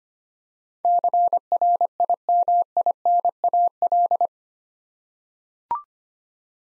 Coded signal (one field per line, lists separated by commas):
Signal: Morse code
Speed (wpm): 25 wpm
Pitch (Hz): 700 Hz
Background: none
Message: CRIMINAL